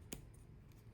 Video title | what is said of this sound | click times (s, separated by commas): CPS - Covert Precision Screwdriver - Pen Kit by Maratac® ( Coming Soon ) | My bit just goes right back in. Click. | 0.1 s